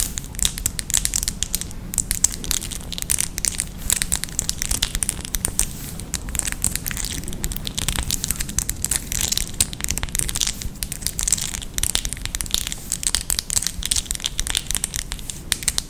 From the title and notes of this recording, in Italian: ASMR con le unghie lunghissime. In questo episodio ho indossato delle unghie finte molto lunghe.